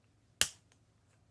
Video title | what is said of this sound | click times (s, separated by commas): TWSBI crusher?? Monteverde MP1. | You hear a click | 0.4 s